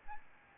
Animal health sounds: mosquito wingbeat signal from an infrared sensor; Aedes albopictus

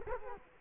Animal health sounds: mosquito wingbeat signal from an infrared sensor; Culex quinquefasciatus

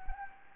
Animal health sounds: mosquito wingbeat signal from an infrared sensor; Anopheles gambiae

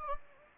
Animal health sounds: mosquito wingbeat signal from an infrared sensor; Anopheles gambiae

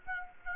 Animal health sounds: mosquito wingbeat signal from an infrared sensor; Aedes aegypti

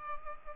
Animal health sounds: mosquito wingbeat signal from an infrared sensor; Culex pipiens

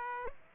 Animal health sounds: mosquito wingbeat signal from an infrared sensor; Aedes aegypti

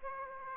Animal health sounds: mosquito wingbeat signal from an infrared sensor; Aedes aegypti

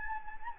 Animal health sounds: mosquito wingbeat signal from an infrared sensor; Anopheles gambiae

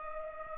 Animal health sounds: mosquito wingbeat signal from an infrared sensor; Culex pipiens

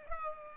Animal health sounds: mosquito wingbeat signal from an infrared sensor; Culex pipiens

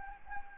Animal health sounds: mosquito wingbeat signal from an infrared sensor; Anopheles gambiae

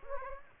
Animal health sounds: mosquito wingbeat signal from an infrared sensor; Anopheles gambiae

